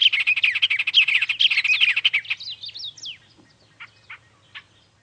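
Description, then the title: White-rumped tanager singing a dense, rapid chatter of high slurred notes for two seconds, then breaking into a few separate downward whistles that thin out and stop. Nominate subspecies Cypsnagra hirundinacea hirundinacea. "LuckyPassaro Completos2Sama. White-rumped Tanager (Cypsnagra hirundinacea hirundinacea)"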